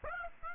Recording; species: mosquito wingbeat signal from an infrared sensor; Aedes aegypti